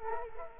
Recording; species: mosquito wingbeat signal from an infrared sensor; Culex quinquefasciatus